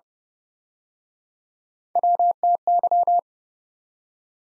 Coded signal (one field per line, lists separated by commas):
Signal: Morse code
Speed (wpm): 31 wpm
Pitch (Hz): 700 Hz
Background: none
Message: WTY